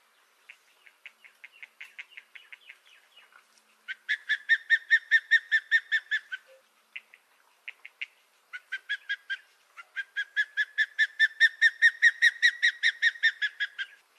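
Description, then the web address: Osprey calling in repeated bursts of piping whistles. A soft, quick run comes first, then a loud rapid series, a brief pause with a few notes, and two more loud series. "Songs of Birds of North America Western USA Songbirds. Osprey"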